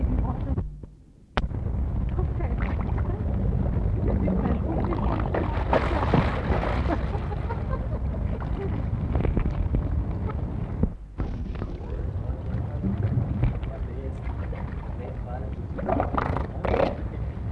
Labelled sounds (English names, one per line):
Harbor Seal